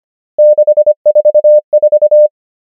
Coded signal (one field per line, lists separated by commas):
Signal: Morse code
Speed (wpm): 25 wpm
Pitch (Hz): 600 Hz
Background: none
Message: 6 4 4